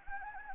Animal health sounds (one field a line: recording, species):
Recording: mosquito wingbeat signal from an infrared sensor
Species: Anopheles gambiae